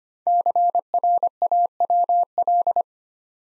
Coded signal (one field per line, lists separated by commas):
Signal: Morse code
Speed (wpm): 25 wpm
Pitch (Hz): 700 Hz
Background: none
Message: CRAWL